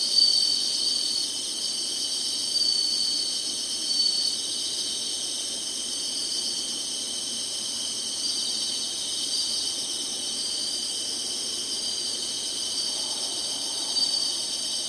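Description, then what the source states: Singing insects produce a constant piercing high whirr, steady for the whole stretch apart from a few small swells in loudness. Singing, in summer.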